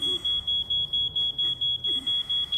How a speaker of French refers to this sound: une alarme qui sonne dans le lit d'une personne âgée. Alors, en fait, une personne âgée est couchée. Son cadran sonne parce qu'il a manqué d'électricité, je pense. Donc, l'alarme sonne ici.